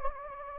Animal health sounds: mosquito wingbeat signal from an infrared sensor; Anopheles gambiae

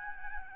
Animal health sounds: mosquito wingbeat signal from an infrared sensor; Aedes albopictus

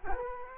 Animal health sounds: mosquito wingbeat signal from an infrared sensor; Culex quinquefasciatus

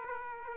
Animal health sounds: mosquito wingbeat signal from an infrared sensor; Aedes aegypti

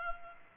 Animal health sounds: mosquito wingbeat signal from an infrared sensor; Culex pipiens

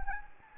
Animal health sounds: mosquito wingbeat signal from an infrared sensor; Anopheles gambiae

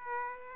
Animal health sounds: mosquito wingbeat signal from an infrared sensor; Aedes aegypti

